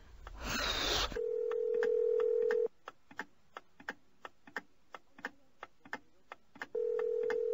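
A telephone ringback tone: after a short burst of noise, a steady low hum plays for about a second and a half, pauses amid faint, regular ticking, then sounds again.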